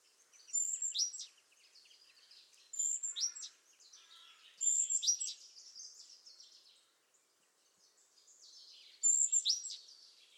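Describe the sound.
Great tit phrases of a high note and falling sweep repeated four times at uneven gaps, over a soft background of faint chirps.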